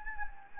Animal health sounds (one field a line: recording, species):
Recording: mosquito wingbeat signal from an infrared sensor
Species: Anopheles gambiae